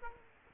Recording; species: mosquito wingbeat signal from an infrared sensor; Aedes aegypti